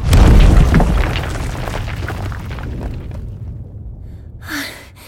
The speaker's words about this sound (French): Ils s'y engouffrent, juste avant que la boule ne s'y écrase avec fracas.